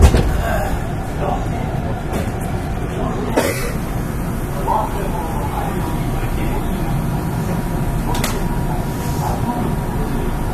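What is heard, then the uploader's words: A steady, dense low rumble fills the inside of a moving train, with a faint whining tone and murmured voices drifting underneath. Sharp clacks break through around three and a half seconds and again near eight seconds. JR西日本207系0番台(F1編成) JR神戸線普通 尼崎から神戸まで. It is running sound of JR West Japan Series 207 train. I recorded on the local train of Kobe Line. The section is from Amagasaki to Kobe.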